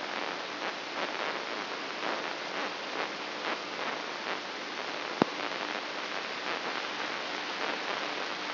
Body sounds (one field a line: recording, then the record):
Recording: brain microelectrode recording played as sound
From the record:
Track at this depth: outside the subthalamic nucleus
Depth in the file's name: 6.461 mm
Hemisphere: left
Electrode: 3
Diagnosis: Parkinson's disease